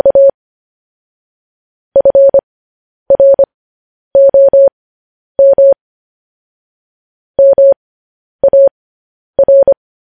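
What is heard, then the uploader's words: Morse code tapped out as a clean, steady tone in the middle register, sounding in quick groups of short dots and slightly longer dashes. The groups come about once a second with dead silence between them, and nothing else can be heard. Morse code.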